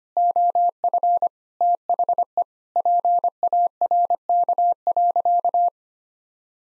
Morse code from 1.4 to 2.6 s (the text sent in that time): THE